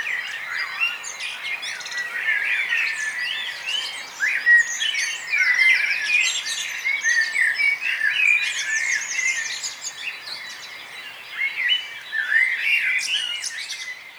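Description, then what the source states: Bird chorus with many overlapping songs: sweet warbles, repeated chirps and fast rattling trills rising and falling in loudness throughout. Dawn chorus, morning atmosphere at Nonnenhorn, 10 May 2009, 04:24.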